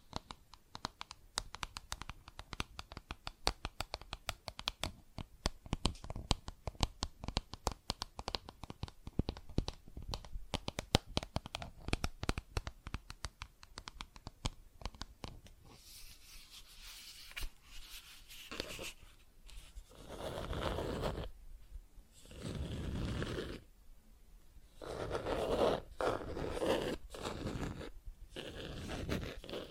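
Plastic objects are tapped in a fast, dense run of sharp clicks for roughly the first fifteen seconds. After that the sound turns to longer scratching and rubbing strokes, rough and hissy, coming in uneven bursts with short pauses between them until the end.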